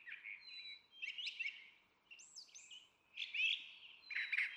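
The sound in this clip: Brown Thrasher song: short run of slurred whistles and harsh notes, over light background hiss.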